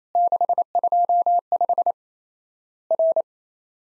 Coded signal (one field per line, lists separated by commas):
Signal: Morse code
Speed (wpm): 27 wpm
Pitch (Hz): 700 Hz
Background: none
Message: 625 R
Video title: Worked All Europe DX Contest QTC Exchange 28wpm